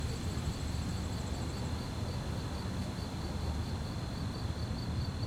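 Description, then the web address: Cricket chirping runs fast and high-pitched throughout, a thinner chirp train stopping early, all above a heavy low background rumble. Fast-chirping crickets at night on a quiet street, with distant activities and slight wind. "GDC 2017-Game Audio Bundle Articulated Sounds - Quiet Streets QUIET STREET Night fast chirp crickets, distant activities, slight wind"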